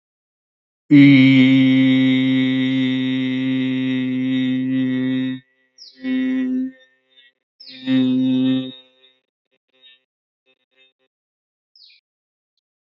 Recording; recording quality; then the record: sustained vowel as in beet; excellent, no background noise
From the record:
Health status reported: healthy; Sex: male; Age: 31 years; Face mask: not worn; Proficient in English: yes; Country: India